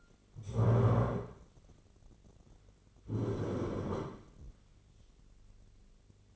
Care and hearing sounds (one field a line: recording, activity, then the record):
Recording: daily activity, microphone in the room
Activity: stand up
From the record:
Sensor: 4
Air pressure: 1010.1 hPa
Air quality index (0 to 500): 186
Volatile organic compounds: 3 ppm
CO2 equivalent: 1339 ppm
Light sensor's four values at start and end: 43/105/44/48 and 43/105/44/48